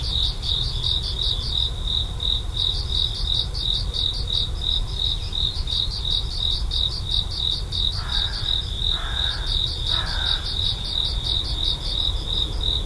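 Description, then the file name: Cricket chirping song, a steady high-pitched trill of rapid pulses with brief pauses. "korogi"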